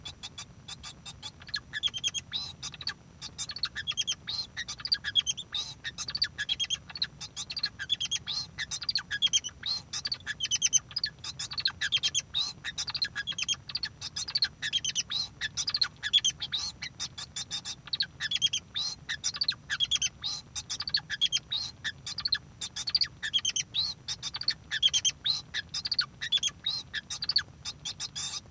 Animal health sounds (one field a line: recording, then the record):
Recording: song of a male Bengalese finch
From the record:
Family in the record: son of father 2